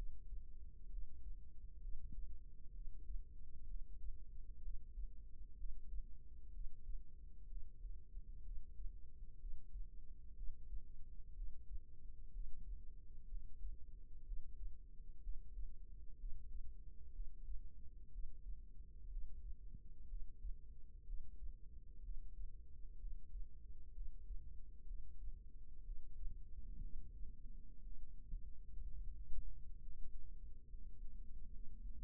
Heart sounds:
heart sounds by microphone in the right ear; 63 bpm
0.87 s: heartbeat
1.79 s: heartbeat
2.71 s: heartbeat
3.65 s: heartbeat
4.60 s: heartbeat
5.55 s: heartbeat
6.50 s: heartbeat
7.46 s: heartbeat
8.41 s: heartbeat
9.37 s: heartbeat
10.33 s: heartbeat
11.33 s: heartbeat
12.30 s: heartbeat
13.26 s: heartbeat
14.22 s: heartbeat
15.20 s: heartbeat
16.16 s: heartbeat
17.11 s: heartbeat
18.09 s: heartbeat
19.07 s: heartbeat
20.06 s: heartbeat
21.03 s: heartbeat
22.00 s: heartbeat
22.97 s: heartbeat
23.91 s: heartbeat
24.84 s: heartbeat
25.82 s: heartbeat
26.79 s: heartbeat
27.80 s: heartbeat
28.81 s: heartbeat
29.77 s: heartbeat
30.66 s: heartbeat
31.48 s: heartbeat
From the record:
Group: healthy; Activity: breath hold 0-24 s, rest 24-32 s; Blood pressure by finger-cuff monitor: 134/65 mmHg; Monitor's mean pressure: 83 mmHg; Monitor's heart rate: 63 bpm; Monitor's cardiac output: 5.7 L/min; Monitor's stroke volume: 91 mL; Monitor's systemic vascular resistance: 1070 dyn s/cm5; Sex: female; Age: 37 years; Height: 168 cm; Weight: 70 kg

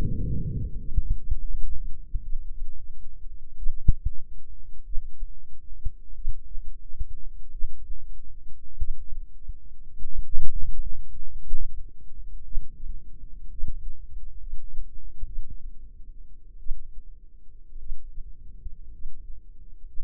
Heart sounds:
heart sounds by microphone in the left ear; 53 bpm
0.76 s: heartbeat
1.47 s: heartbeat
2.22 s: heartbeat
3.56 s: heartbeat
4.83 s: heartbeat
6.14 s: heartbeat
7.50 s: heartbeat
8.77 s: heartbeat
10.02 s: heartbeat
11.22 s: heartbeat
12.43 s: heartbeat
13.49 s: heartbeat
14.39 s: heartbeat
15.25 s: heartbeat
16.58 s: heartbeat
17.78 s: heartbeat
18.91 s: heartbeat
19.86 s: heartbeat
From the record:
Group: healthy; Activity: breath hold 0-2 s, rest 2-20 s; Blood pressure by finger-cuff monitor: 102/61 mmHg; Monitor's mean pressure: 74 mmHg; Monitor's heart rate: 50 bpm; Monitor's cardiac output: 4.7 L/min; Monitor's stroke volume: 85 mL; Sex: female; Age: 36 years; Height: 163 cm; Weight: 88 kg

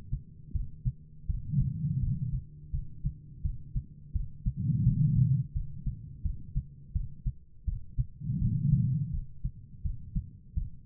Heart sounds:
heart sounds by stethoscope; 84 bpm
0.53 s: heartbeat
1.27 s: heartbeat
2.00 s: heartbeat
2.71 s: heartbeat
3.42 s: heartbeat
4.13 s: heartbeat
4.84 s: heartbeat
5.53 s: heartbeat
6.23 s: heartbeat
6.93 s: heartbeat
7.65 s: heartbeat
8.39 s: heartbeat
9.11 s: heartbeat
9.83 s: heartbeat
10.55 s: heartbeat
From the record:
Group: healthy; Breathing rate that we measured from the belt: 18 breaths a minute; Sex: female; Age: 51 years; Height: 162 cm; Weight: 70.04 kg

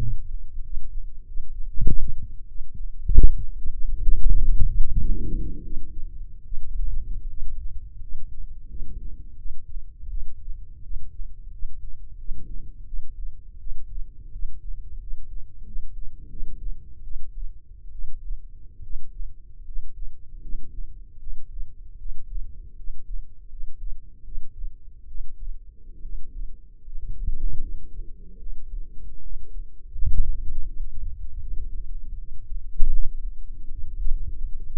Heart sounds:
heart sounds by microphone in the left ear; 81 bpm
0.63 s: heartbeat
1.25 s: heartbeat
1.86 s: heartbeat
2.47 s: heartbeat
3.10 s: heartbeat
3.75 s: heartbeat
4.38 s: heartbeat
4.99 s: heartbeat
5.63 s: heartbeat
6.45 s: heartbeat
7.28 s: heartbeat
8.01 s: heartbeat
8.68 s: heartbeat
9.37 s: heartbeat
10.08 s: heartbeat
10.82 s: heartbeat
11.51 s: heartbeat
12.17 s: heartbeat
12.85 s: heartbeat
13.58 s: heartbeat
14.31 s: heartbeat
14.99 s: heartbeat
15.65 s: heartbeat
16.29 s: heartbeat
17.03 s: heartbeat
17.91 s: heartbeat
18.82 s: heartbeat
19.64 s: heartbeat
20.41 s: heartbeat
21.18 s: heartbeat
21.97 s: heartbeat
22.76 s: heartbeat
23.49 s: heartbeat
24.23 s: heartbeat
25.06 s: heartbeat
26.01 s: heartbeat
26.83 s: heartbeat
27.60 s: heartbeat
28.38 s: heartbeat
29.21 s: heartbeat
29.94 s: heartbeat
30.66 s: heartbeat
31.39 s: heartbeat
32.17 s: heartbeat
32.90 s: heartbeat
33.70 s: heartbeat
34.65 s: heartbeat
From the record:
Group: healthy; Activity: rest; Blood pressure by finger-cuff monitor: 109/75 mmHg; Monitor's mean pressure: 82 mmHg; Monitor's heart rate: 81 bpm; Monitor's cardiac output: 5.9 L/min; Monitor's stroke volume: 74 mL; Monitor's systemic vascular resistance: 1000 dyn s/cm5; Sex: male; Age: 21 years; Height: 170 cm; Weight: 71 kg

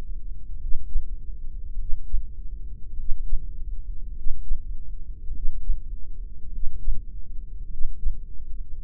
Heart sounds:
heart sounds by microphone in the left ear; 51 bpm
0.59 s: heartbeat
1.77 s: heartbeat
2.96 s: heartbeat
4.14 s: heartbeat
5.33 s: heartbeat
6.51 s: heartbeat
7.69 s: heartbeat
From the record:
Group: heart failure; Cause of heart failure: cardiac sarcoid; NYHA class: 1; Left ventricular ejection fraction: 39%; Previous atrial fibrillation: present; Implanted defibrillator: present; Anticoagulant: apixaban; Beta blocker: carvedilol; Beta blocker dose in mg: 50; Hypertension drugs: ramipril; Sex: male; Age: 79 years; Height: 184 cm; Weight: 92.5 kg

